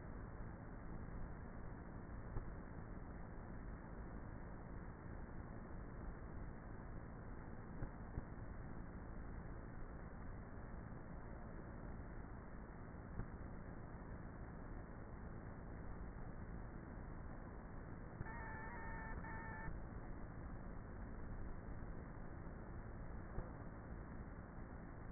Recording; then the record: honeybee colony, microphone inside the hive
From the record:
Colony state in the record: queenless with a low population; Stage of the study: before two queens were removed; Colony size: about 30,000 bees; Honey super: no